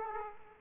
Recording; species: mosquito wingbeat signal from an infrared sensor; Aedes aegypti